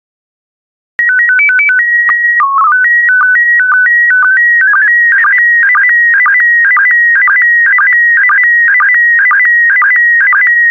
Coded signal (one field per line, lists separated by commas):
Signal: SSTV (slow-scan television)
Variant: PD 120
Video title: 47015 Turkey Volume I SSTV PD120